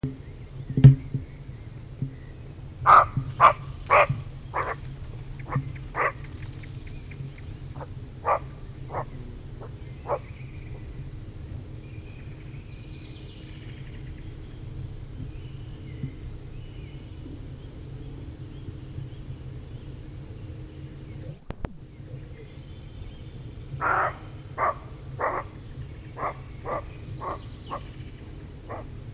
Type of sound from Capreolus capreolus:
barking